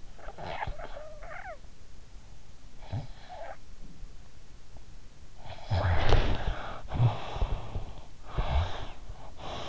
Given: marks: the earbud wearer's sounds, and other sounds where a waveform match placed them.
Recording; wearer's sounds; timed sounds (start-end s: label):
sounds in sleep by an in-ear microphone; snoring breath, breath
0.00-7.99 s: snoring breath
7.99-9.69 s: breath